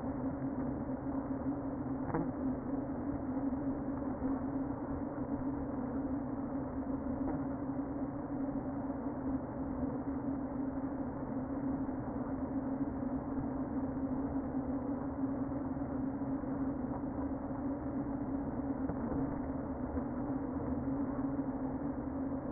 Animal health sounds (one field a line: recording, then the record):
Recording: honeybee colony, microphone inside the hive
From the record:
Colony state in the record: queen present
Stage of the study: before two queens were removed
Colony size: about 60,000 bees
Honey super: yes